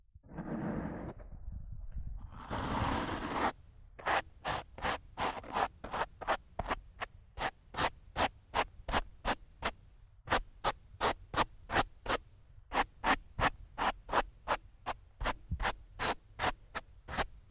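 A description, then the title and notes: Rough scratching and brushing on a mic. It opens with a murky rubbing passage, then a dense burst of hiss around two to three seconds, followed by a long run of sharp, bright strokes at a fairly steady quick pace, about two per second, with a brief pause near ten seconds. ASMR Rough Mic Scratching & Brushing (No Talking).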